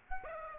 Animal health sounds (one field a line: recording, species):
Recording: mosquito wingbeat signal from an infrared sensor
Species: Aedes aegypti